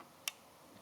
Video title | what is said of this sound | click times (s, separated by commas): How to Customize Triumph Thruxton RS - British Customs | make sure you hear it click like that | 0.3 s